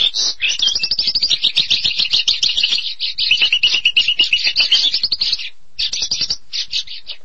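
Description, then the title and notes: Starling song, a dense run of rapid chattering, trilled and rattling high notes almost without pause, then a short gap and a few final bursts. "suara burung jalak"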